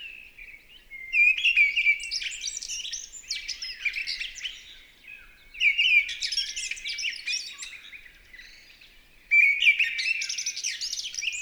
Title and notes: UNE DRAINE ENCHANTEE. 28 mars 2020-Val Maravel. Voici la belle Grive draine (Turdus viscivorus) dans toute sa ferveur vocale